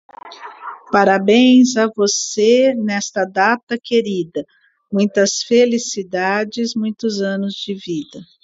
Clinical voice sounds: short text; Brazilian Portuguese; female; 50 to 59 years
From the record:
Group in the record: control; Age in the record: 55 years

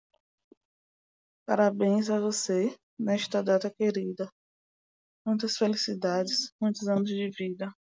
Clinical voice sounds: short text; Brazilian Portuguese; female; 20 to 29 years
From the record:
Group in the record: control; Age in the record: 29 years

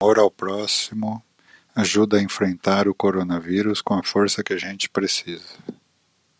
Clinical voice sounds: spoken sentence; Brazilian Portuguese; male; 50 to 59 years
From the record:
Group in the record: control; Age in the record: 58 years

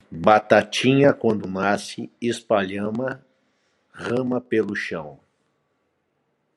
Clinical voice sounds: short text; Brazilian Portuguese; male; 50 to 59 years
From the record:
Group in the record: control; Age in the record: 58 years

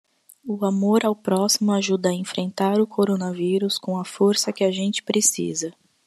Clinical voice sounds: spoken sentence; Brazilian Portuguese; female; 20 to 29 years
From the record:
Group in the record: control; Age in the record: 28 years

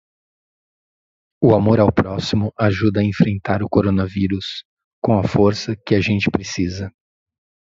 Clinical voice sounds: spoken sentence; Brazilian Portuguese; male; 50 to 59 years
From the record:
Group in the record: control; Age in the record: 52 years

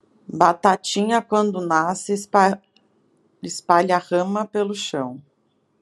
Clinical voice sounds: short text; Brazilian Portuguese; female; 30 to 39 years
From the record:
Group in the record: control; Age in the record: 34 years

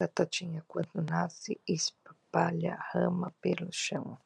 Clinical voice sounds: short text; Brazilian Portuguese; female; 50 to 59 years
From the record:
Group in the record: control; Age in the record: 51 years

